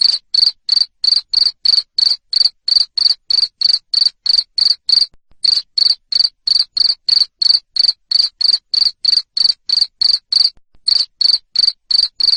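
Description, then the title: Cricket giving a long series of sharp, high chirps at about three per second, with two short gaps; nothing else audible. Loud cricket chirping used to stimulate lovebirds to sing continuously. "Suara JANGKRIK NGERIK Keras Bikin LOVEBIRD Jadi NGEKEK Terus Vubey"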